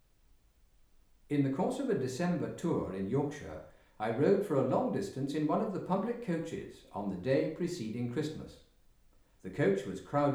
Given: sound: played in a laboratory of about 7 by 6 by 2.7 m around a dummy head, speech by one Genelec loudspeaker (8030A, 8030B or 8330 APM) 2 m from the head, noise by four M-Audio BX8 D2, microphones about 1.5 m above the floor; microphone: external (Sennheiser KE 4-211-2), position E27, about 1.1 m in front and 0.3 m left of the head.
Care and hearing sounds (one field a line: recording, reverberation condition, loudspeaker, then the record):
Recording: male speech in English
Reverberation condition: medium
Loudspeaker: 60 degrees to the left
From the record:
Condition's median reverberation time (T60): about 510 ms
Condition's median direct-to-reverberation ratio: about -0.5 dB